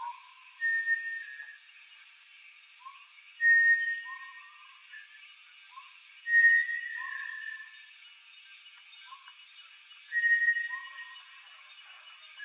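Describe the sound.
Bartlett's tinamou, long clear whistles repeated roughly every three seconds, with short lower notes and a constant hiss.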